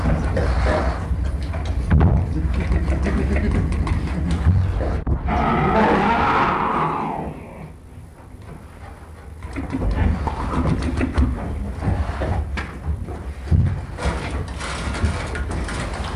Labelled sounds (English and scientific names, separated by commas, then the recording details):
Sun Bear (Helarctos malayanus) call
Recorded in captivity
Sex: diverse
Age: diverse
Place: Tierpark Berlin, Berlin, DE
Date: 1961-11-25 16:30
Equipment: Minifon, Kopie Smaragd
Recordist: Tembrock, Günter